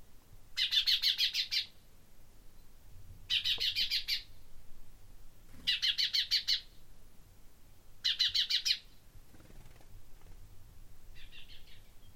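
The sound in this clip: Common chaffinch calls as rapid high bursts of stuttered notes, repeated about every two and a half seconds, with a fainter short burst at the end.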